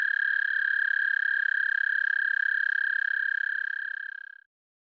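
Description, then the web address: American toad, one long steady musical trill at a single high pitch that fades and stops abruptly after about four and a half seconds. "Dan Gibson Wildlife Identification By Sound, Eastern North America Pt 1. American Toad"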